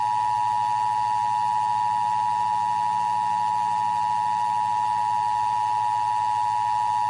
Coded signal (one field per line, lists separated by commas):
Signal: Emergency Alert System (SAME) tones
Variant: 853 and 960 Hz attention tone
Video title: The Evolution of the Emergency Broadcast System (E.B.S.)